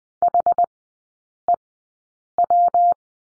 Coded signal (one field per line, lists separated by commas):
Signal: Morse code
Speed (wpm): 20 wpm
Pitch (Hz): 700 Hz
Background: none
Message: HEW